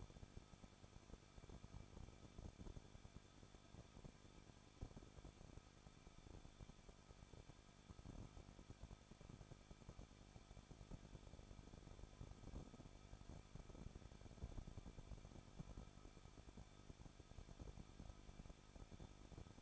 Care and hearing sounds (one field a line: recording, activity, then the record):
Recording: daily activity, microphone in the room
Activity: no activity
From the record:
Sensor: 5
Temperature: 20.9 degrees Celsius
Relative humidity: 38.3%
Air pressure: 1006.4 hPa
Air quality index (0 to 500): 190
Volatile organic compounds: 20 ppm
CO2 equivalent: 2675 ppm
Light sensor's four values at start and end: 2/3/1/1 and 2/3/1/1